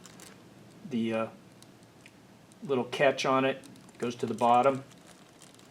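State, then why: Not seated. A plastic plug is handled at the intake air pressure sensor of a Kawasaki Z900RS while someone talks, with a few faint light ticks of handling in between. Nothing has seated or clicked yet; the plug is not yet pushed home on the sensor.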